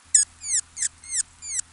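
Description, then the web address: Hummingbird calls, five sharp, very high chips sliding downward in pitch. "Birdnote. Hummingbirds Caught in a Dark World of Love Spells"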